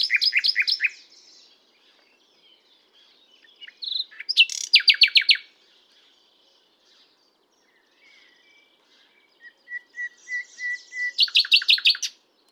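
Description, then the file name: Common nightingale song of fast rhythmic chirp bursts separated by pauses, with a soft series of level whistles before the last burst. "Luscinia megarhynchos"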